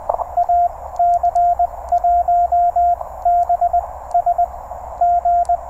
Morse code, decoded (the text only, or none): A C1 B S G